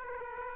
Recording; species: mosquito wingbeat signal from an infrared sensor; Aedes aegypti